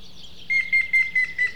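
Grey-headed woodpecker giving five short, evenly spaced whistled notes at a steady pitch, over a low background hum.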